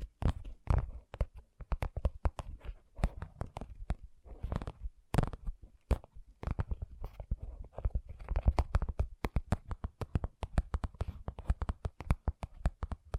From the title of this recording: ASMR Gentle Tapping